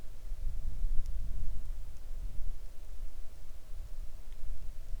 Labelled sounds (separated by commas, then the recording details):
wind
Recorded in the Arctic National Wildlife Refuge, Alaska, on 3 August 2019 at 10:24
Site 41